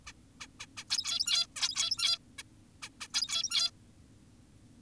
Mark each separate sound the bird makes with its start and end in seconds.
0.07-0.13, 0.40-0.47, 0.60-0.66, 0.77-0.84, 0.90-1.47, 1.56-2.18, 2.38-2.43, 2.82-2.89, 3.01-3.08, 3.14-3.71